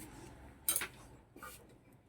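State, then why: Seated. A cupped (dish) metal washer is fitted over the lock washers onto the clutch hub of a Splendor BS6 motorcycle clutch assembly. A sharp click at 0.7 s is followed by a quick second tick, then a softer knock around 1.4 s. The washer seats and locks at 0.7 s, so the housing will not come out.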